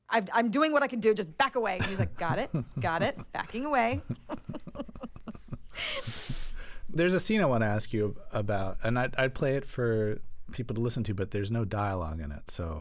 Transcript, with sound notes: I'm doing what I can do. Just back away. And he's like, got it, got it - backing away.
(LAUGHTER)
There's a scene I want to ask you about. And I play it for people to listen to, but there's no dialogue in it.